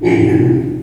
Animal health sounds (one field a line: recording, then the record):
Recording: squeal of a Yucatan mini pig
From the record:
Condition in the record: before surgery on the right vocal fold (resection and tissue-engineered implant)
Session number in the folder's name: 2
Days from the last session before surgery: -15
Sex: female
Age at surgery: 19 weeks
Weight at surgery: 25 kg